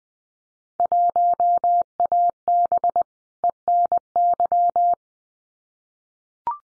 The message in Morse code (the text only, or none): 1AB ENY